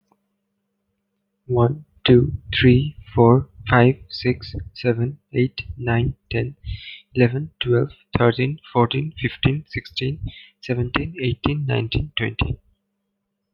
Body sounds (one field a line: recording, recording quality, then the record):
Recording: counting at a normal pace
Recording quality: excellent, no background noise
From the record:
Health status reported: healthy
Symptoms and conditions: none ticked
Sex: male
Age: 18 years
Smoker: not ticked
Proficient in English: yes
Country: India